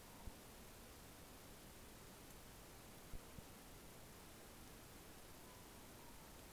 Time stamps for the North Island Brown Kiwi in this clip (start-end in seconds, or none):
none